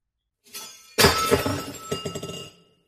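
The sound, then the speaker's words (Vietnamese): A glass vase falls and shatters with a sharp, loud crash, followed by a scatter of tinkling, clinking shards that settle and fade over about a second and a half. “Tiếng bình hoa rơi bể, bà Lan giật mình như có linh tính chẳng lành.”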